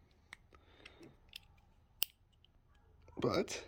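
A trimmed plastic retainer clip is pushed back, one-handed, into a billet fuel line quick-connect fitting during a 96-2000 OBS LS swap. Several small sharp plastic ticks lead up to one loud, crisp snap at 2.0 s as the clip locks into place, and someone talks briefly near the end.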